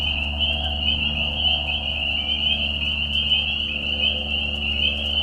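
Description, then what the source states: Spring peepers in full chorus, countless high whistled peeps overlapping into a steady shrill band, with a low hum underneath throughout. Peeper frogs in a marsh at night in spring, Tiny Marsh Conservation Area, Tiny, Ontario; mating call given during a very short spring season; high whistles at low volume.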